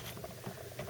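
A quick-release flashlight mount is handled one-handed against the accessory rail of a Hi-Point 995 carbine, producing soft scraping and light rustling with a slightly sharper tap near 0.8 s. Nothing has seated or clicked yet; the mount is not home by the end of the clip.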